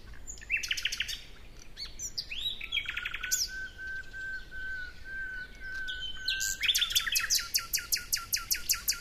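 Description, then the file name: Common nightingale singing: clicking rattles, then a long steady low whistle held for several seconds, ending in a loud rapidly repeated series of hard notes. "Luscinia megarhynchos"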